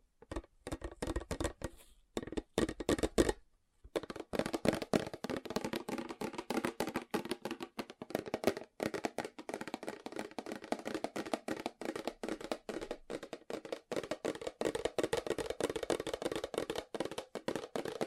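Fast tapping runs almost without pause, a dense stream of quick, sharp knocks with a woody, mid-toned body. The first few seconds are louder and more separated, with a brief silence near 3.5 seconds, then the taps continue steadily and slightly softer to the end.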